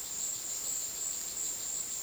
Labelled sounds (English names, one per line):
none